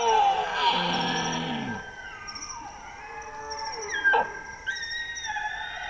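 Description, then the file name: Bactrian deer bugling: a harmonic call falling over the first two seconds, then thin high whistled tones and a sharp downward squeal near four seconds, over a steady high whine. Male, a single animal. "Cervus elaphus bactrianus 1 male"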